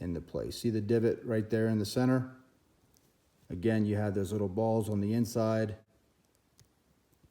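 Someone talks while handling the metal deployant clasp of a dive watch bracelet, whose locking relies on a divot in the center and little balls on the inside, a mechanism judged very weak and poor. Only a few faint ticks follow the speech near the end, and the clasp has not locked shut or clicked yet.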